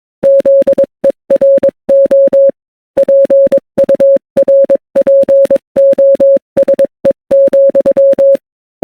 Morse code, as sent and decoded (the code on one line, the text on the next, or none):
--.. . .-. --- / .--. ..- .-. .--. --- ... . --..--
ZERO PURPOSE,